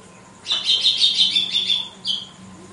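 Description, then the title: Red-cowled cardinal song: a rapid high trill of chattering notes lasting about one and a half seconds, then a single brief whistle. Female; song described as pure, strong, clean and measured 'açoite'. "Canto Galo Campina Fêmea 02. GALO DE CAMPINA, AÇOITE PURO, FORTE, LIMPO E COMPASSADO"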